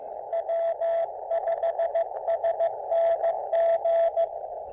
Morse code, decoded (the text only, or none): W5SNG